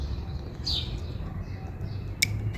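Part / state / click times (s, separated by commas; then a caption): wiring harness connector onto the ambient temperature sensor behind the front bumper / seated / 2.2 s. A wiring harness connector is pushed straight onto a replacement ambient temperature sensor with a plastic housing behind the front bumper of a Kia Sportage, fixing a blinking outside temperature reading. Over a low background rumble, a brief higher-pitched squeak comes at about 0.7 s. A sharp click at 2.2 s marks the connector latching in, fully seated.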